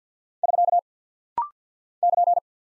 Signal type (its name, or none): Morse code